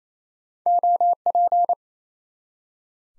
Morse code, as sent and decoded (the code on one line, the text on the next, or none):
--- .--.
OP